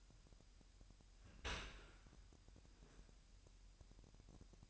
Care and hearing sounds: daily activity, microphone in the room; open dishwasher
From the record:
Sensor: 2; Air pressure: 998.2 hPa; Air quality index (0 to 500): 147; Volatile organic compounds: 4 ppm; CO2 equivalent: 1660 ppm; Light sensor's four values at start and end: 10/30/12/11 and 10/30/12/11

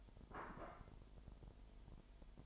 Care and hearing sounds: daily activity, microphone in the room; place plate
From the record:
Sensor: 5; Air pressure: 1002.1 hPa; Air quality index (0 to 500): 223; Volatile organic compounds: 27 ppm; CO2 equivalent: 2896 ppm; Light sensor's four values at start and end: 10/25/10/11 and 10/25/10/11

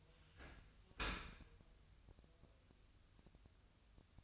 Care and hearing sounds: daily activity, microphone in the room; open dishwasher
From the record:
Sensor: 2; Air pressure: 1004.6 hPa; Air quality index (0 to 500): 105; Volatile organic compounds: 2 ppm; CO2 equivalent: 1268 ppm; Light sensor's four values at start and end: 6/15/6/6 and 6/15/6/6

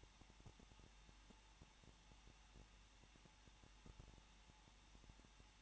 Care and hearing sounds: daily activity, microphone in the room; no activity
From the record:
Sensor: 1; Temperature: 20.1 degrees Celsius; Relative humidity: 39.4%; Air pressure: 1006.4 hPa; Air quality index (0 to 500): 219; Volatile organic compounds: 81 ppm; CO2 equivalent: 3611 ppm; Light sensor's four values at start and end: 1/2/1/1 and 1/2/1/1

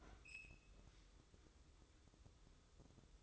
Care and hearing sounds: daily activity, microphone in the room; open fridge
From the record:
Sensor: 3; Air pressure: 995.2 hPa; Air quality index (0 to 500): 78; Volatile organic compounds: 6 ppm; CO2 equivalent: 1857 ppm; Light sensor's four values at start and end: 20/58/25/21 and 20/58/25/21

